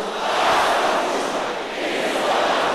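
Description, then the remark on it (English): A large audience at a prayer session shouts "94" loudly in unison when called to, a sustained roar of many voices that swells and holds steady for a few seconds with no single voice standing out. “Can I hear you shouting 94 again?”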